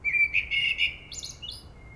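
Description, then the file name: Common blackbird song: a short warbled phrase of fluty notes that ends in a high, squeaky twitter. "Turdus merula"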